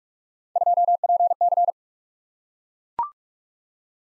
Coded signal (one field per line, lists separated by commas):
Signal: Morse code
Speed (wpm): 44 wpm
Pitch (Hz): 700 Hz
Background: none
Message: 2PC